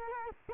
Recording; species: mosquito wingbeat signal from an infrared sensor; Culex quinquefasciatus